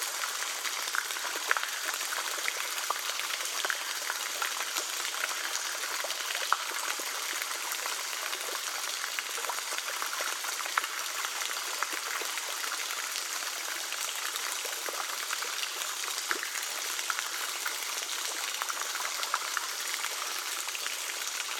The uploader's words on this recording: Gentle waterfalls. Gentle cascades of water falling from a height as a stream flows over a precipice in a vast undisturbed forested wildnerness.